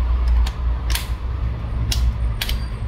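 A plastic back cover is pressed down around its edge onto the frame of a Realme C21Y phone during a screen replacement with an original display. Its clips snap into place one after another with sharp clicks at about 0.5, 1.0, 1.9, 2.4 and 2.5 seconds over a low, steady background rumble. The cover ends up seated.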